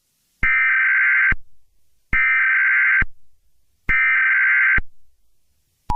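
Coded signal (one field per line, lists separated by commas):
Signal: Emergency Alert System (SAME) tones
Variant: header bursts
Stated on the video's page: Valid Emergency Alert System tones in an animated film.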